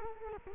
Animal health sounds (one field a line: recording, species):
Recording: mosquito wingbeat signal from an infrared sensor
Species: Culex quinquefasciatus